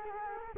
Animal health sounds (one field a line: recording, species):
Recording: mosquito wingbeat signal from an infrared sensor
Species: Culex quinquefasciatus